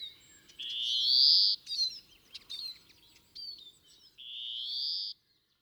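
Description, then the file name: European greenfinch giving two long nasal wheezes, each about a second, separated by short twittered notes, in an otherwise quiet background. "Chloris chloris"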